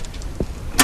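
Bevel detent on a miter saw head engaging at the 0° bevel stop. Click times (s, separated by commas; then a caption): 0.8 s. The bevel on a sliding miter saw is unlocked and the saw head is swung back to the 0° position, with a few faint, soft ticks as it moves. At 0.8 s the bevel detent engages at the 0° bevel stop with a sharp, loud click, seating the head at zero.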